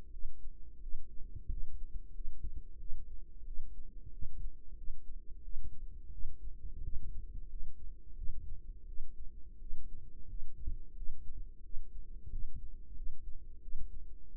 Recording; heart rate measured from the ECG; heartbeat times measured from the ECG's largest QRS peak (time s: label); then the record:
heart sounds by microphone in the right ear; 89 bpm
0.11 s: heartbeat
0.81 s: heartbeat
1.49 s: heartbeat
2.13 s: heartbeat
2.78 s: heartbeat
3.45 s: heartbeat
4.12 s: heartbeat
4.76 s: heartbeat
5.42 s: heartbeat
6.11 s: heartbeat
6.83 s: heartbeat
7.48 s: heartbeat
8.16 s: heartbeat
8.86 s: heartbeat
9.59 s: heartbeat
10.27 s: heartbeat
10.95 s: heartbeat
11.63 s: heartbeat
12.31 s: heartbeat
12.95 s: heartbeat
13.61 s: heartbeat
14.30 s: heartbeat
From the record:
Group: healthy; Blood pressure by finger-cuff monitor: 100/58 mmHg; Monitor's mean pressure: 71 mmHg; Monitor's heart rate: 89 bpm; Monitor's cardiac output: 7.6 L/min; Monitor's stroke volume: 87 mL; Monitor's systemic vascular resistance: 660 dyn s/cm5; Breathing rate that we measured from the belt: 22 breaths a minute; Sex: female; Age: 22 years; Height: 157 cm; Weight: 47.6 kg